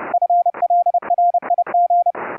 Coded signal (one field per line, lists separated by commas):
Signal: Morse code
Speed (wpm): 32 wpm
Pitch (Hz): 700 Hz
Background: none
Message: FLRIG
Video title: Remote Rig setup for a Windows 10 laptop to key CW(afcw) on an Elecraft K3S::Raspberry PI interface